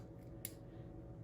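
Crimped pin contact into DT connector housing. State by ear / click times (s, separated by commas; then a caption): seated / 0.4 s. A crimped solid contact pin is pushed into the back of a plastic DT-style automotive connector housing until it locks. A single short, bright click at 0.45 s stands out over a steady low hum. The pin seats with a positive engagement.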